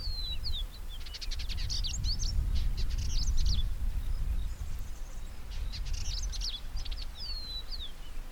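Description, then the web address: Variable indigobird song with descending whistled slurs and dense buzzy chatter, repeated in two bouts, against heavy low rumbling noise. "Indigobird Song Vidua funera"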